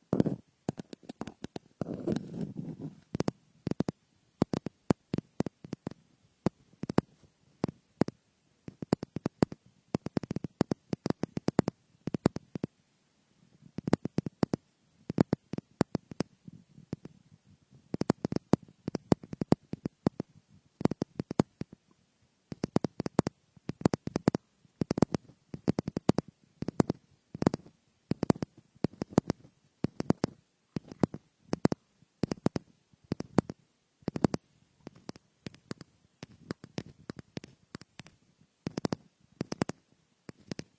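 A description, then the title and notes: Fingers pick and rub at a frosted bath ball, making a dense run of sharp crackles and scratchy clicks that lasts the whole time. Softer, lower rubbing hums beneath the crackling, and around the thirteenth second the sound briefly drops nearly quiet. Frosted Bath Ball Ear Picking Experience.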